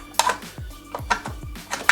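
A Mobius action camera is slid into the front camera mount of a plastic/carbon Lisamrc Keel 270 race drone frame, with sharp handling knocks at about 0.2 s and 1.9 s and softer ones near 1.0 s and 1.7 s over background music. The camera has not yet seated or locked into the mount.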